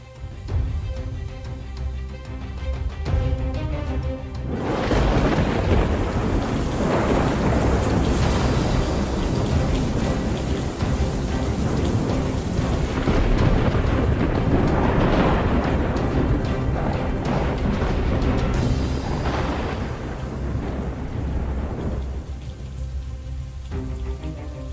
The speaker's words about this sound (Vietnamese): Trên bầu trời, mưa gió sấm sét vẫn cứ đùng đoàng đáng sợ.